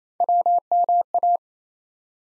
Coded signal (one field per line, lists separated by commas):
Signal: Morse code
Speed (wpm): 28 wpm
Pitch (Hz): 700 Hz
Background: none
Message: WMA